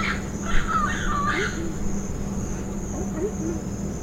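Bird calls: a quick series of sliding chirps in the first second and a half, then quiet hum with faint low squeaks.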